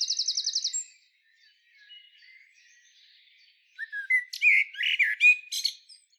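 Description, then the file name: Common blackbird: a rapid, even, high-pitched trill, then after a pause a phrase of mellow slurred whistles breaking into squeaky high notes. "Turdus merula"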